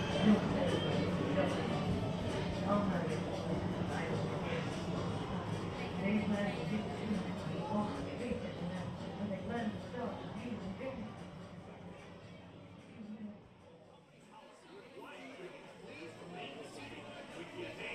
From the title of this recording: Mickey's Toon Town, Disneyland Binaural Recording